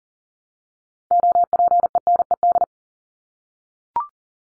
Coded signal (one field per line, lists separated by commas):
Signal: Morse code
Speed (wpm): 40 wpm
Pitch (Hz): 700 Hz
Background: none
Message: OPENED